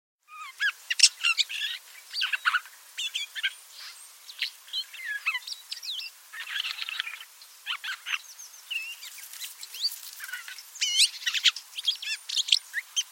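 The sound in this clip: Birds twitter steadily throughout, with a dense mix of sharp chips, short trills and looping whistled notes that overlap and vary in pitch.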